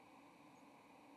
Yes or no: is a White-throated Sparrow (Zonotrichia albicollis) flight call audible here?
no